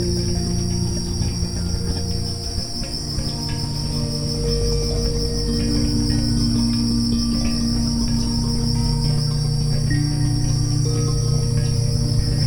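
Crickets give a continuous shrill, quickly pulsed chirping, layered over soft held musical notes and low droning tones.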